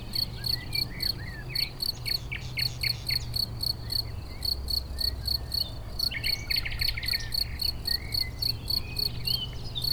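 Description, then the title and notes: Steady cricket chirps pulse roughly four times a second as a bird sings bursts of varied notes, with a low drone underneath. Edge of a meadow rich in crickets near Chindrieux, France; west wind brings sound of motorcycles on the lake road. "271 Rue de Vars, 73310 Chindrieux, France - Grillons et rossignol. Au bord d'une prairie riche en grillons"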